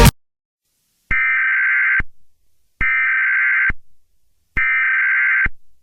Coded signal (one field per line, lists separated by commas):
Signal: Emergency Alert System (SAME) tones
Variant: header bursts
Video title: EAS Scenario #99: Cacophony